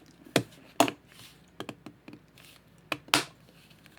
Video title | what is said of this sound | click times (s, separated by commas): Our FIRST IPA Beer: George's IPA Kit Test | So remember, if it doesn't snap, your seal's crap. | 0.4 s, 0.8 s, 2.9 s, 3.1 s